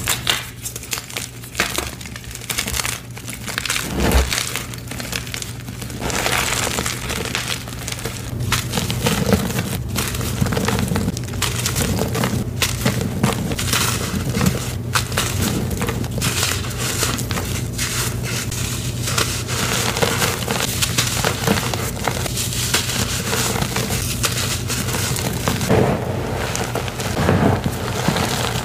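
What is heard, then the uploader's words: Gym chalk being handled, with dense, continuous crinkling and crumbly rustling through the whole stretch, full of quick sharp crackles and brief louder crunches. A steady low hum runs underneath, and the level stays fairly even throughout. Rainbow gym chalk compilation.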